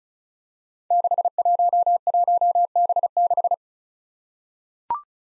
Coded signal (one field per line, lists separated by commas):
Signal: Morse code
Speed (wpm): 36 wpm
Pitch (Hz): 700 Hz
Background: none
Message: 611B6